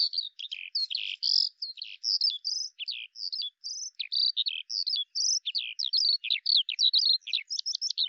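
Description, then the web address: Bird song, a rapid run of high chirps and twittering notes, varied and slurred, with only brief gaps; background silent. "Deverinetal 2025 File cleaned normalized Bird Al Ar"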